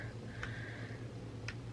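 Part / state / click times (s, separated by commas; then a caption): sliding paper guide into its A5 detent on an adjustable 6-hole paper punch / seated / 0.4 s, 1.5 s. The sliding paper guide on an adjustable 6-hole paper punch is pulled out to the A5 setting, clicking into its detent with sharp ticks at 0.4 s and 1.5 s. A steady low hum runs underneath, and the guide ends seated at A5.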